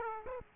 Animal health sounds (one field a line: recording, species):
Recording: mosquito wingbeat signal from an infrared sensor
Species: Aedes aegypti